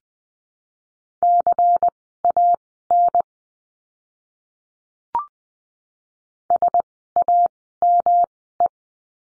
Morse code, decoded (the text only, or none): CAN SAME